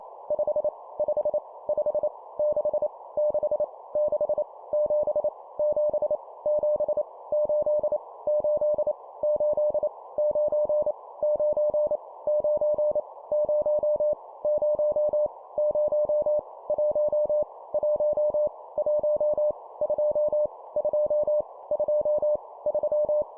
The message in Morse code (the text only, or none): 5 5 5 6 6 6 7 7 7 8 8 8 9 9 9 0 0 0 1 1 1 2 2 2 3